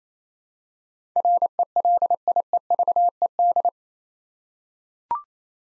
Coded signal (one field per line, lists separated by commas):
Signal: Morse code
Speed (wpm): 28 wpm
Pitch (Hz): 700 Hz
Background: none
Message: RELIEVED